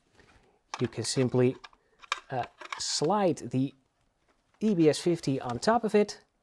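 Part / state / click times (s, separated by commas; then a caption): base station unit onto wall mounting bracket / not seated / none. Someone talks while an EBS-50 electronic shelf label base station is being slid down onto its plastic wall mounting bracket. The clip ends just before the unit goes home, so nothing has seated or clicked yet.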